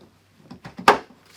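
The right-side stand foot, marked R, is pushed into the matching right slot on a Samsung 2020 TU8000 55" 4K TV, the same way as the first side. A few soft knocks at about 0.5–0.8 s lead into a sharp, bright click at 0.9 s as the foot seats into place.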